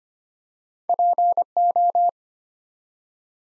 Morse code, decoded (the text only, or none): PO